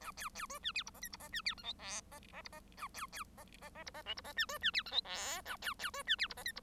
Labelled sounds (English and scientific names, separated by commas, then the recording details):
Bengalese Finch (Lonchura striata domestica) song
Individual Bird1